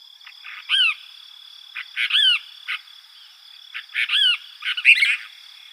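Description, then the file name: Cassin's kingbird calling with rough, nasal notes that slide up then down, in a few loose clusters, with a steady high hum behind. Arizona, 13 July 2006. "deviche"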